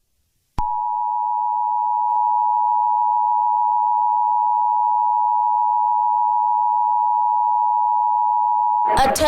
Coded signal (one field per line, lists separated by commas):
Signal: Emergency Alert System (SAME) tones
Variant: 853 and 960 Hz attention tone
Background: speech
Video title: @BirecTV Releases New EAS Test For BIRECTVS Alert Ready System